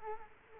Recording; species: mosquito wingbeat signal from an infrared sensor; Culex quinquefasciatus